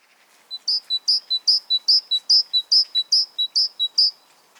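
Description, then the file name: Great tit song, a rapid two-note phrase repeated several times in steady rhythm. "Parus major"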